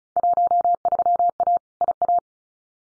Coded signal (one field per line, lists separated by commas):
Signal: Morse code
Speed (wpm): 34 wpm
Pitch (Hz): 700 Hz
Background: none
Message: 13A IA